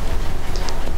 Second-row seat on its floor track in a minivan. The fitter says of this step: the track slides easily and clicks into place.